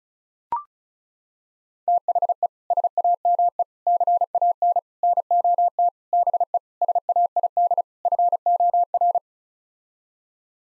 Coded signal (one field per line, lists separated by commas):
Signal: Morse code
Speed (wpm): 34 wpm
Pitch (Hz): 700 Hz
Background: none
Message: THE SAME CAN NOT BE SAID FOR